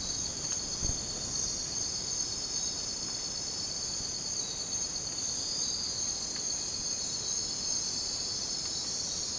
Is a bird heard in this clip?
no